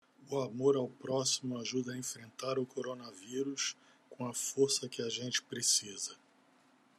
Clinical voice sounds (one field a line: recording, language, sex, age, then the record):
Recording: spoken sentence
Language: Brazilian Portuguese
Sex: male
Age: 50 to 59 years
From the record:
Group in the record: control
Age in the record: 51 years